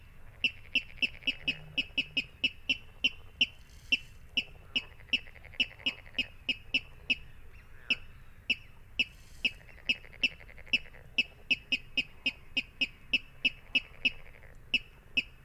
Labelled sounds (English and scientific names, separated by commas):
Water Rail (Rallus aquaticus)